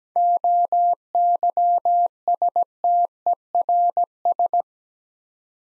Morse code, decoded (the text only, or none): OYSTERS